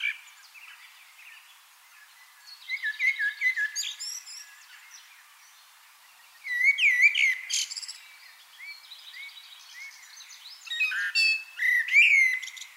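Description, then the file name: Common blackbird song: several spaced phrases, each a mellow whistled warble with high, scratchy chattering notes. "Turdus merula"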